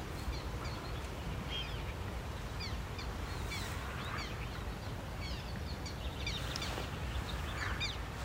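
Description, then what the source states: Black terns giving many short, whiny calls scattered throughout, over a steady low wind rumble. Several black terns flying right overhead at reed-filled former clay-pit ponds in a biosphere area in Skåne, Sweden, in June; cool, slightly windy; calls described as whiny and small.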